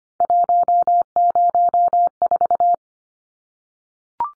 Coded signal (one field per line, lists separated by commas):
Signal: Morse code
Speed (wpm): 25 wpm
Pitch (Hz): 700 Hz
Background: none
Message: 104